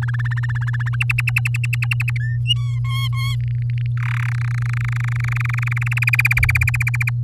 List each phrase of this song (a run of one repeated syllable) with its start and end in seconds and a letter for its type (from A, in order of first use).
0.02-0.96 A, 1.00-2.18 B, 2.20-2.37 C, 2.46-2.79 D, 2.84-3.35 E, 3.40-3.86 F, 3.97-3.98 G, 4.00-4.30 H, 4.32-5.99 I, 6.02-7.10 J